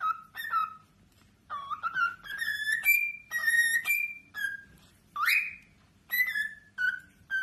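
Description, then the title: Cockatiel whistling slurred, rising notes in short phrases, one swooping upward sharply, with quiet gaps between phrases. Cockatiels singing and whistling, more than one bird. "Calopsitas Cantando Assobio"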